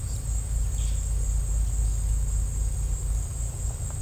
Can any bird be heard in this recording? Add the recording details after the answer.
no. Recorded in secondary vegetation near Puerto Asís, Putumayo, Colombia, on 16 December 2024 at 15:00. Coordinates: 0.499, -76.323. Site G010